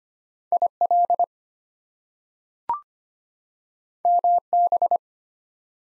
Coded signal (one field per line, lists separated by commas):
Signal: Morse code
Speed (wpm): 25 wpm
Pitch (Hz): 700 Hz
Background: none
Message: IL MB